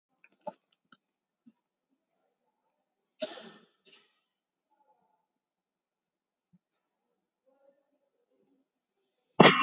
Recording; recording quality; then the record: shallow breathing; poor, much background noise or distortion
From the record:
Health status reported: recovered from COVID-19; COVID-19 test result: positive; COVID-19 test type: RT-PCR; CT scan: taken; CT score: 8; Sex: male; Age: 38 years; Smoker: no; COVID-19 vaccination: one dose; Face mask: not worn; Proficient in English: yes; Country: India